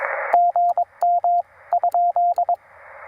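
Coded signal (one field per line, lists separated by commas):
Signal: Morse code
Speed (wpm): 21 wpm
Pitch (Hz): 690 Hz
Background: radio noise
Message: GM ?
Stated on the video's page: POTA activation CW from a Penntek TR-45L with two 31-foot wires, sent with a Begali Traveler paddle.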